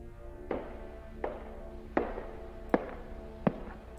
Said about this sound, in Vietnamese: Còn đang đứng thẫn thờ thì có tiếng bước chân vang lên khiến cho tôi rùng mình.